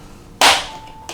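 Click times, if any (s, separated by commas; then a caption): 0.4 s. A plastic piece of the net attachment for a VTech Smart Shots Sports Center toy playset is pressed into the frame and seats with a loud, sharp snap at 0.4 s. The snap rings out with a faint tone that trails off, and a shorter, softer tap follows at 1.1 s.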